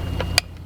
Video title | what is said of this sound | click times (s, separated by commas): 50 GPH Solar Pump - AD40035 - Overview | there you go so that it clicks into place | 0.4 s